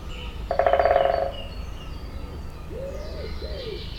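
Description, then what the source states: Woodpecker drumming, a fast even burst of knocks lasting under a second, followed by soft low dove-like cooing notes and faint background birdsong. Binaural recording.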